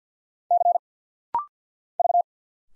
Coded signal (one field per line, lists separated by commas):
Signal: Morse code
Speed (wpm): 50 wpm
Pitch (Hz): 700 Hz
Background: none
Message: C V